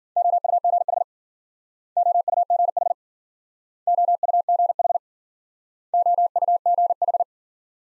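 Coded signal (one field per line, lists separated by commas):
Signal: Morse code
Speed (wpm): 53 wpm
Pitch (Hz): 700 Hz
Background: none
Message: OUGH OUGH OUGH OUGH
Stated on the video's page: Morse practice of multi-letter phonemes in Speed-Racing format, from 40 wpm slowing to a base speed; final repeat sent at maximum speed.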